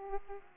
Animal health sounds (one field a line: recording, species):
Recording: mosquito wingbeat signal from an infrared sensor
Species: Aedes aegypti